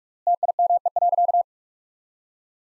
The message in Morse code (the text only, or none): TIME.